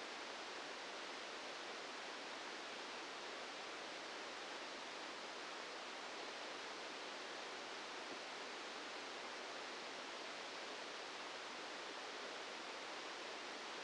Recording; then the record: brain microelectrode recording played as sound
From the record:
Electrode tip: outside the subthalamic nucleus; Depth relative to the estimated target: -4 mm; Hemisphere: left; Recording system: NeuroSet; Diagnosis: Parkinson's disease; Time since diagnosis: 8 years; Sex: male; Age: 59 years